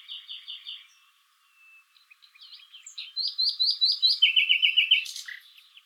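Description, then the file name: Common nightingale singing a short series of repeated notes, a pause, then a run of chirps and a rapid string of loud lower notes. "Luscinia megarhynchos"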